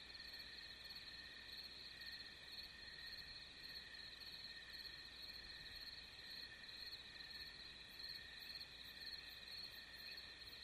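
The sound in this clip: Crickets give a steady, ringing high-pitched drone, unchanging from start to finish.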